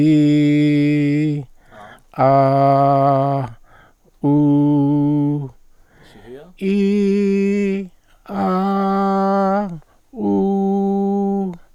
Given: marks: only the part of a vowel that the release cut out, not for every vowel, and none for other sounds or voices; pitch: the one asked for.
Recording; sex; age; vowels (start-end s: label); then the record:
sustained vowels; male; 60 to 69 years
0.00-1.27 s: vowel /i/, normal pitch
2.27-3.34 s: vowel /a/, normal pitch
4.32-5.33 s: vowel /u/, normal pitch
6.69-7.72 s: vowel /i/, high pitch
8.41-9.45 s: vowel /a/, high pitch
10.24-11.38 s: vowel /u/, high pitch
From the record:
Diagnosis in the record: dysplastic larynx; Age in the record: 69 years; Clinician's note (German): Lappige Aryregion, Cyste seitliche Rachenwand, unregelmäßiges stroboskopisches Bild